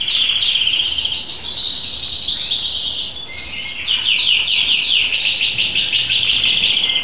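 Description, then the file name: Scotch Fancy canary delivers bright, rapid repeated trills and chattering rolls without a break, dipping briefly in volume before picking up again. "canto do canario scotch fancy"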